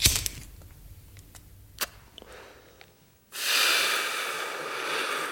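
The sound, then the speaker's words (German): Someone smoking: a few faint clicks and ticks, then a sudden, steady breathy hiss lasting about two seconds as they draw on a cigarette. No one speaks. “Er raucht.”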